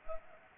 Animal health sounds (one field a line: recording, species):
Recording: mosquito wingbeat signal from an infrared sensor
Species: Anopheles gambiae